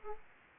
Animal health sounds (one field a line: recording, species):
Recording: mosquito wingbeat signal from an infrared sensor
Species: Aedes aegypti